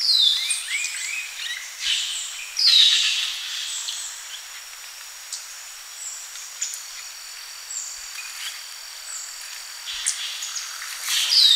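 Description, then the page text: Hair-crested drongo calls: a few sharp, high descending swoops and metallic notes at the start, near three seconds and at the end, over a steady insect drone. "Hair-Crested Drongo Calls. Quick Sounds"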